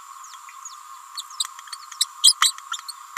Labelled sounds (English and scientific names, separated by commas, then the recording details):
Green-rumped Parrotlet (Forpus passerinus) babbling
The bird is a female
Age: 29 days
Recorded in a nest box in Venezuela
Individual 17B31A3